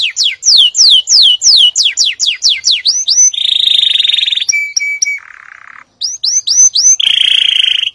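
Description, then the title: Atlantic canary song: a string of clear downslurred whistles, then a buzzy sustained tour, a lower steady note, and more rising whistles. "Kenari"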